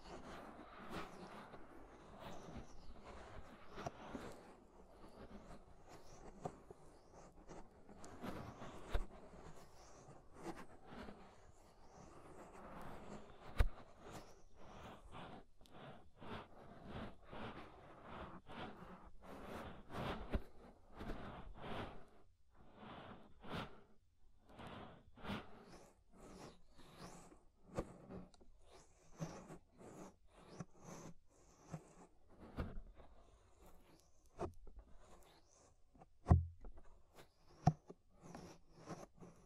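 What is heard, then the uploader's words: Ear scraping fills the recording with a dense run of short, crackly scratches and rubbing strokes. The first half is thicker and more continuous, with a low rumbling wash. Later the scrapes thin into separate quick clicks, and one sharp pop comes near 36 seconds. Inner and Outer Ear Scraping (No Talking).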